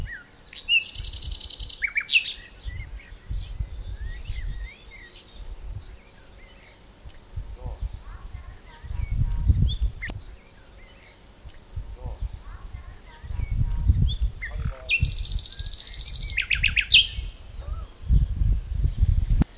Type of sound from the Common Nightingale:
song